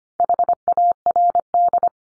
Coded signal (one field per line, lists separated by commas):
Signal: Morse code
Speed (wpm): 25 wpm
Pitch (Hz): 700 Hz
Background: none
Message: HARD